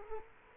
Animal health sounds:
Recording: mosquito wingbeat signal from an infrared sensor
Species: Culex quinquefasciatus

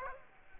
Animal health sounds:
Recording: mosquito wingbeat signal from an infrared sensor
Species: Aedes aegypti

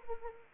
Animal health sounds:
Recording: mosquito wingbeat signal from an infrared sensor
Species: Anopheles arabiensis

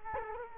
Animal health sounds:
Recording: mosquito wingbeat signal from an infrared sensor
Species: Culex quinquefasciatus

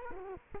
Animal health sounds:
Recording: mosquito wingbeat signal from an infrared sensor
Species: Culex quinquefasciatus

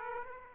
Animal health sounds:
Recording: mosquito wingbeat signal from an infrared sensor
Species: Aedes aegypti

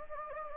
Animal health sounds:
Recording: mosquito wingbeat signal from an infrared sensor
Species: Anopheles gambiae

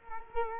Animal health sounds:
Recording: mosquito wingbeat signal from an infrared sensor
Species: Culex quinquefasciatus

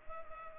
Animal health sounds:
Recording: mosquito wingbeat signal from an infrared sensor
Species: Culex pipiens

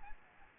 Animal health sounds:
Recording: mosquito wingbeat signal from an infrared sensor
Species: Aedes albopictus

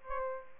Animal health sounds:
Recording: mosquito wingbeat signal from an infrared sensor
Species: Aedes albopictus

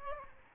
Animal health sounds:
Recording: mosquito wingbeat signal from an infrared sensor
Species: Aedes albopictus

